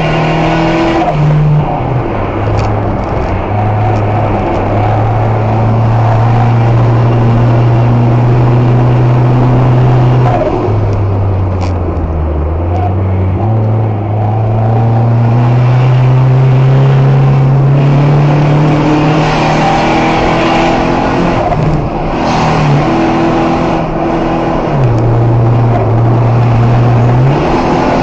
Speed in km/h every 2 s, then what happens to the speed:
78, 78, 79, 84, 85, 76, 70, 61, 64, 76, 81, 78, 81, 88.
0-8 speeds up to 85. 8-13 brakes to 61. 14-19 speeds up to 81. 19-25 steady at about 81. 25-28 speeds up to 88.